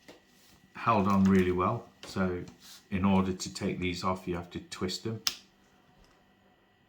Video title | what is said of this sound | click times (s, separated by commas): WERA BELT A 4 1/4" SOCKETS | nice click there which I like | 6.0 s